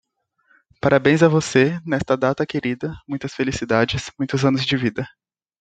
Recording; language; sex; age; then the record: short text; Brazilian Portuguese; male; 18 to 19 years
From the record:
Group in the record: control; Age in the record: 19 years